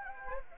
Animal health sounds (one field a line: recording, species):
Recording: mosquito wingbeat signal from an infrared sensor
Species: Anopheles gambiae